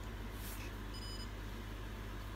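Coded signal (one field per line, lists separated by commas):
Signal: none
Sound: a small tracker's beep tones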